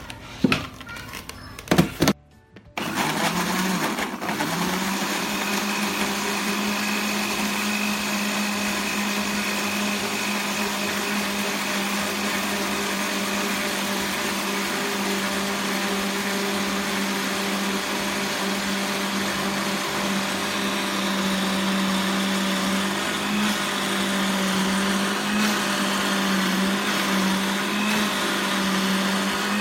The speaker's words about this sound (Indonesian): Dan secukupnya air. Oke. Langsung kita blender.